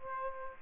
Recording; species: mosquito wingbeat signal from an infrared sensor; Aedes aegypti